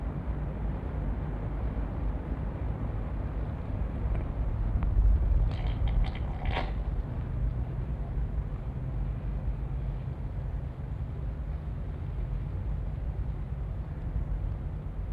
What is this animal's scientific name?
Rupicapra rupicapra